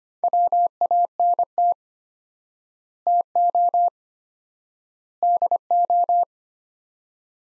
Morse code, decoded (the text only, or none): WANT TO DO